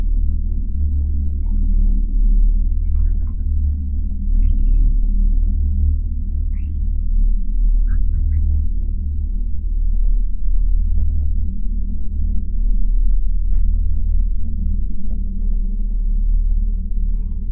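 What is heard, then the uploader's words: An exoplanet ambience: a dense, steady low rumble and drone, with faint scattered chirps and pinging tones drifting in every second or two. Alien planet | Exoplanet Ambience.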